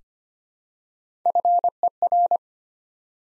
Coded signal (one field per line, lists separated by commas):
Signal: Morse code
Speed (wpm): 25 wpm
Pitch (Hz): 700 Hz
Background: none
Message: FER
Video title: Top 20 QSO Elements 25wpm